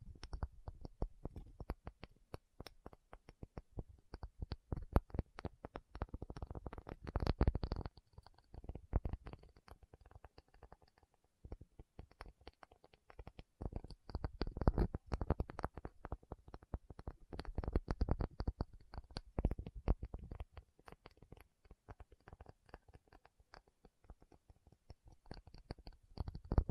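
A tapping session with no talking: rapid, dense taps and clicks run nearly the whole time, coming in busy flurries with brief sparser lulls around the 11- and 19-second marks. The taps are dull and thumpy, with a faint crisp edge.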